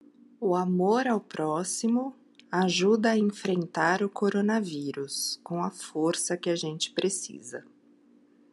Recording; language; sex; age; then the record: spoken sentence; Brazilian Portuguese; female; 30 to 39 years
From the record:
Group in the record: control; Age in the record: 39 years